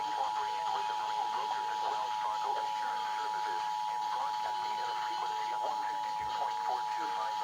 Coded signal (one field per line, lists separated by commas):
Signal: Emergency Alert System (SAME) tones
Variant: 853 and 960 Hz attention tone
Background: speech